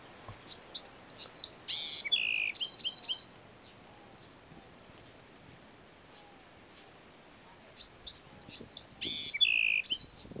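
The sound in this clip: Two Bewick's wren songs several seconds apart, each a jumble of high slurred notes, buzzy phrases and a few sharp downward notes.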